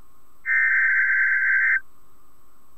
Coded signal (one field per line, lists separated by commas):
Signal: Emergency Alert System (SAME) tones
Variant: header bursts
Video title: NOAA Weather Radio Required Weekly Test(3-4-2020) #42